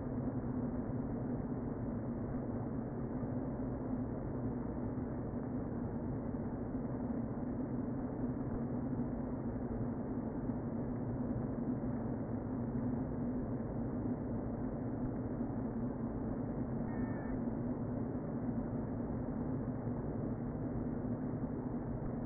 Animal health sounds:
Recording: honeybee colony, microphone inside the hive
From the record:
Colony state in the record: queen present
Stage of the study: before two queens were removed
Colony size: about 60,000 bees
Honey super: yes

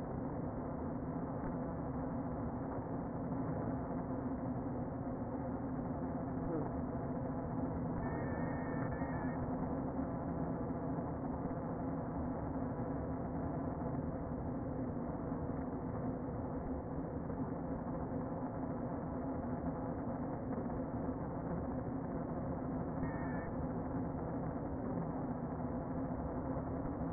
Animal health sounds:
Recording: honeybee colony, microphone inside the hive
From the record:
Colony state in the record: queen present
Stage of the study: before two queens were removed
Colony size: about 60,000 bees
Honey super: yes

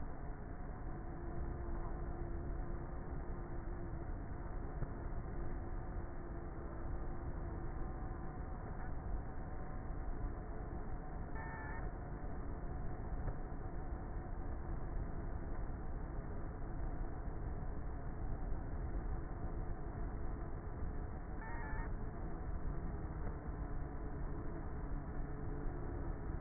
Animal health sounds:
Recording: honeybee colony, microphone inside the hive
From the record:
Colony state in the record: queenless with a low population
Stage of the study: before two queens were removed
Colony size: about 30,000 bees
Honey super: no

